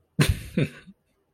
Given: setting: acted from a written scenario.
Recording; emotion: vocal sound without words; contempt